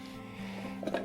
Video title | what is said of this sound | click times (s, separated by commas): Stream dock 293S - un clavier écran pas cher | Ah, voilà, là ça clique. | 0.9 s